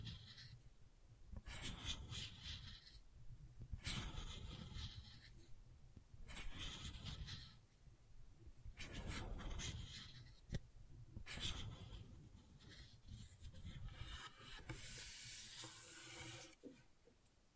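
Gentle scratching comes in soft bursts of a second or two, separated by short quieter gaps, with a dry, papery texture like pen or nails on a surface. The strokes are steady and unhurried, and a brighter hissing patch stands out near the end.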